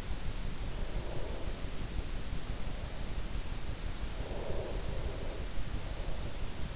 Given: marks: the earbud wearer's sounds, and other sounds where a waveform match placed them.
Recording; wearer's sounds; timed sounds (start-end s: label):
sounds in sleep by an in-ear microphone; breath
0.25-2.65 s: breath
3.74-6.76 s: breath